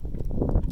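The two-piece steel handle of a Harbor Freight 3-ton Daytona Professional floor jack (DJ3000) is being fitted into the jack's handle socket, heard as a steady low rumbling handling noise with soft bumps and no sharp transients. Nothing has seated or clicked yet; the handle is not yet locked in place.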